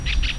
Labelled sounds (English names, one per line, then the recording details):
Brown-throated Parakeet contact call
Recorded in Venezuela
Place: Tumeremo, Edo. Bolívar
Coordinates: 7.209, -61.364